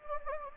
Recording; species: mosquito wingbeat signal from an infrared sensor; Anopheles gambiae